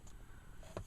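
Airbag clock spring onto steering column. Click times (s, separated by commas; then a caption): 0.8 s. An airbag clock spring for a 2001–2005 Toyota Sequoia is lined up on its notches and slid one-handed onto the steering column. A sharp click at 0.8 s marks it seating into place, and it is confirmed in.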